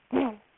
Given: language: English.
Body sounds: throat vibration sensor signal played as sound; throat clearing

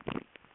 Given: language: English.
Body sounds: throat vibration sensor signal played as sound; swallow

